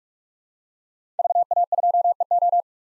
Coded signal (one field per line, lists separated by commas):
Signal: Morse code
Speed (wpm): 47 wpm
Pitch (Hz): 700 Hz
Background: none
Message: VA2EO